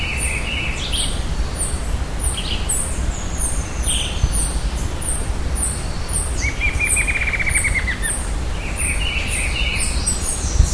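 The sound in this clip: Birds giving high chirps and twitters throughout, with a brief rattling trill midway, all over a constant low rumbling noise.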